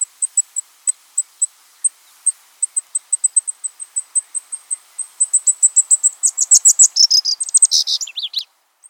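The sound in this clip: Cassin's sparrow singing, a run of very high thin ticks that speed up into a fast trill, then a few lower, sliding notes at the end.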